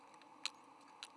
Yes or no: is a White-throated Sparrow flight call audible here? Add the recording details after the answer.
no. Another species' flight call is heard. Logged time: 05:41 on 6 November 2014